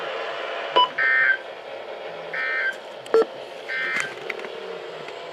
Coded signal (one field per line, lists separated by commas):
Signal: Emergency Alert System (SAME) tones